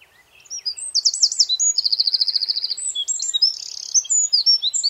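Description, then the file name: Eurasian wren song, a rapid outpouring of shrill notes and fast rattling trills, one steady buzzy trill in the middle, continuing without pause for several seconds. "Troglodytes troglodytes"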